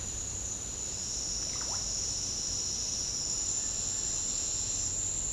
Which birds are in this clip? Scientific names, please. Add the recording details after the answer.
none. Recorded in pastures near Puerto Asís, Putumayo, Colombia, on 20 December 2024 at 08:30. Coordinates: 0.496, -76.326. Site G004